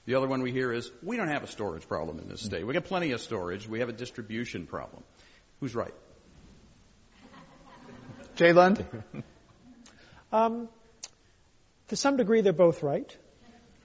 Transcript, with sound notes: The other one we hear is we don’t have a storage problem in this state. We get plenty of storage. We have a distribution problem. Who’s right? [Laughter]
To some degree they're both right.